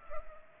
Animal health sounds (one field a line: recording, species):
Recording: mosquito wingbeat signal from an infrared sensor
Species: Culex pipiens